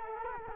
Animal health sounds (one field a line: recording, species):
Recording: mosquito wingbeat signal from an infrared sensor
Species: Culex quinquefasciatus